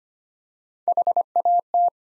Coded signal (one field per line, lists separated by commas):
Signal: Morse code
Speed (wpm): 25 wpm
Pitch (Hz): 700 Hz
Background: none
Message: HAT